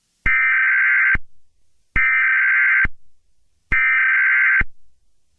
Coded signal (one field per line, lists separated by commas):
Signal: Emergency Alert System (SAME) tones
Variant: header bursts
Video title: EAS Scenario - Strange Alien Object